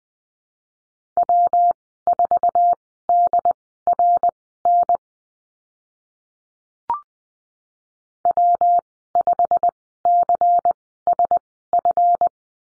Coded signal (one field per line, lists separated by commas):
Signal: Morse code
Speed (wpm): 20 wpm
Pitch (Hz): 700 Hz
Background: none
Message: W4DRN W5CSF